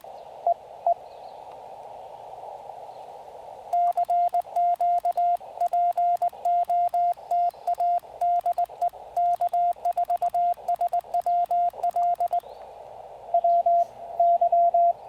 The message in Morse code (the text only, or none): E E CQ POTA DE K4SWL WY